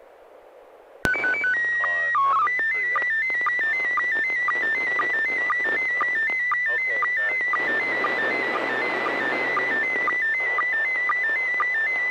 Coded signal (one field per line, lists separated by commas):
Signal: SSTV (slow-scan television)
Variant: PD 120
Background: speech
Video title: N6NA SSTV Net - 08/17/2022